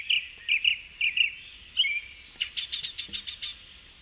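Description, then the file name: Bird song: paired high chirps repeated several times, then a short run of quick, rapid notes. "preceded by birdsong"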